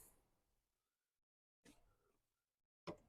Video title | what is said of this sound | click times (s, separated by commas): 2023 Volkswagen ID Buzz For Sale - Full Walkthrough | toe bar which you can click in with one finger | 2.9 s